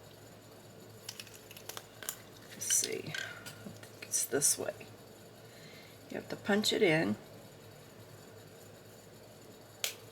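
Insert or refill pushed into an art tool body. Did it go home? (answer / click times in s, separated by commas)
yes / 9.8 s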